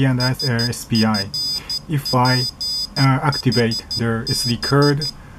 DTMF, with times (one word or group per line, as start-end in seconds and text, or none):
none